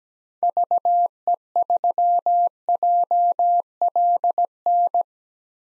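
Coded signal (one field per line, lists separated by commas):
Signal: Morse code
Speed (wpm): 17 wpm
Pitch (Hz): 700 Hz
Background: none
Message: VE3JLN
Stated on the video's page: Computer-generated Morse at 17 wpm: common park-activator call signs, each sent twice, for head-copy practice.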